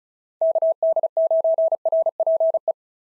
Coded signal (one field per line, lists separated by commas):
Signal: Morse code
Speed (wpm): 34 wpm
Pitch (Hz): 650 Hz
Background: none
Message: KD9RPE